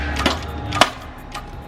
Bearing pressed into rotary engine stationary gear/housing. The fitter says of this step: Hear That's that? it. The final click? Yep. That was it.